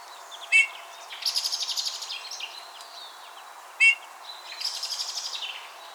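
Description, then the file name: Eurasian bullfinch: two short calls about three seconds apart, each followed by a longer buzzy trill. "Pyrrhula pyrrhula"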